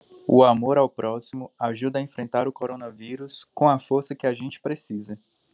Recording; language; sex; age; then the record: spoken sentence; Brazilian Portuguese; male; 30 to 39 years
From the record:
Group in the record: control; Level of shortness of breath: 0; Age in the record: 30 years